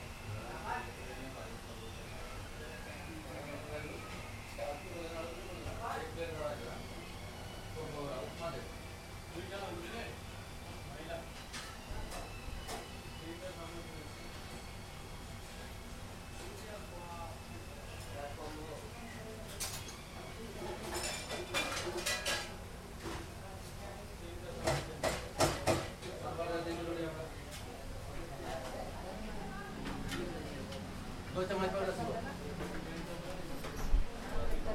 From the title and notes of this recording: The location of the recording is Chidambaram's New Madras Hotel, Khanna Market. The recording is taking place from inside the kitchen. The background is studded with the restaurant's staff and tens of customers chatting in Tamil and Hindi. Recorded by Bariya. Inside the kitchen, New Delhi.